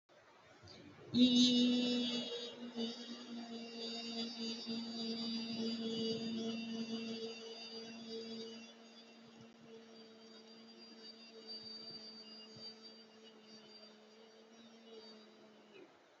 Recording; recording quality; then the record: sustained vowel as in beet; excellent, no background noise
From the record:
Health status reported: healthy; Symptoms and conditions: none ticked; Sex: female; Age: 47 years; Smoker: not ticked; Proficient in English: yes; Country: India